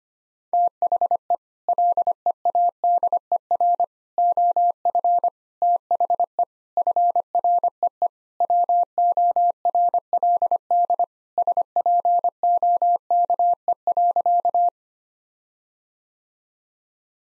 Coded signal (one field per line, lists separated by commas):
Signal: Morse code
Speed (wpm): 25 wpm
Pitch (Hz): 700 Hz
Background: none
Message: THE LEADER OF THE FREE WORLD SPOKE.